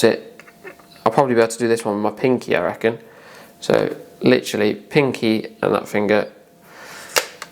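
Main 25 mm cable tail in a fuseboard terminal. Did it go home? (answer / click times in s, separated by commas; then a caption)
released / 7.4 s. Someone talks while the main 25 mm meter tail is pulled out of its terminal in an old fuseboard using just the fingers. It comes free with a sharp snap at 7.4 s, because the terminal screw was nowhere near tight enough.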